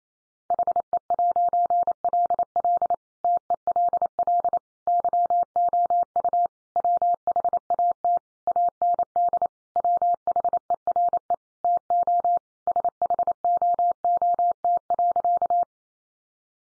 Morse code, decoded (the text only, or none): HE'LL TELL YOU WHAT AND WHERE TO SHOOT.